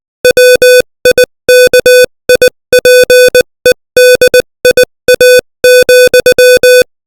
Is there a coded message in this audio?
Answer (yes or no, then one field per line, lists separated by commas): yes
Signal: Morse code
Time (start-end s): 0.2-6.8 s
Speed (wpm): 20 wpm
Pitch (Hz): 500 Hz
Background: music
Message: WIKIPEDIA,